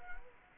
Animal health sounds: mosquito wingbeat signal from an infrared sensor; Culex quinquefasciatus

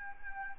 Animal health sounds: mosquito wingbeat signal from an infrared sensor; Anopheles arabiensis

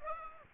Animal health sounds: mosquito wingbeat signal from an infrared sensor; Aedes aegypti

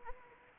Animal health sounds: mosquito wingbeat signal from an infrared sensor; Anopheles arabiensis

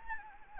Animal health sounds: mosquito wingbeat signal from an infrared sensor; Anopheles arabiensis

